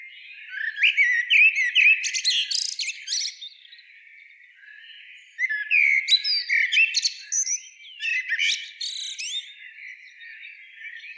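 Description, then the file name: Common blackbird singing three separate bursts of rapid, squeaky twittering with sharp high notes, with short quiet gaps between the phrases. "Turdus merula"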